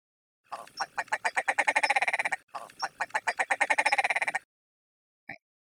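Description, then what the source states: Ptarmigan call: two bouts of dry, croaking pulses that speed up and grow louder, each lasting about two seconds. Recording found online and played from a video; call likened to a marble bouncing down the stairs.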